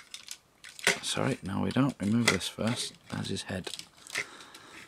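Someone talks while handling a Great Fighbird DX transforming robot toy, moving the head first before a plastic toy section is swung around to go into the robot body. A few light plastic taps and clicks sound near the start, mostly under the talking. Nothing has seated or clicked into place yet.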